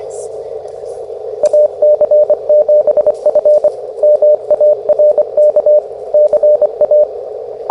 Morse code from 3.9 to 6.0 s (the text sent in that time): MARK